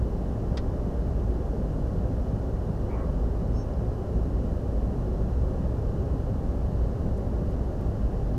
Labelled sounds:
Spotted Flycatcher (Muscicapa striata)
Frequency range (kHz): Spotted Flycatcher (Muscicapa striata) 5.0-6.6 kHz
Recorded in France

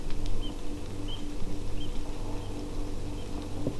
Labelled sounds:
Eurasian Oystercatcher (Haematopus ostralegus)
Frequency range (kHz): Eurasian Oystercatcher (Haematopus ostralegus) 2.2-3.5 kHz
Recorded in France

